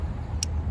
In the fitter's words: Once you put it right, you hear that snap right there.